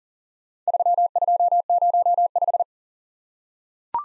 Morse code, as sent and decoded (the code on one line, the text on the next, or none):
...-- ..--- ----- .....
3205